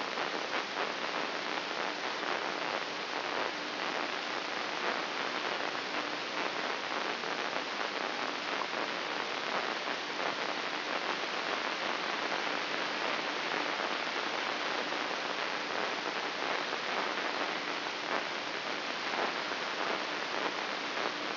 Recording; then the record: brain microelectrode recording played as sound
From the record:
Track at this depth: outside the subthalamic nucleus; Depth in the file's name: 6.461 mm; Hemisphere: left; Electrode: 3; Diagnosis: Parkinson's disease